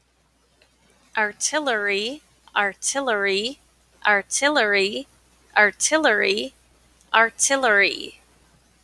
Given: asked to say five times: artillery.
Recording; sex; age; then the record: repeated word; female; 40 to 49 years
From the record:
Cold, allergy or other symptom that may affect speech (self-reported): no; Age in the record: 41 years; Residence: Wisconsin, United States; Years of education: 19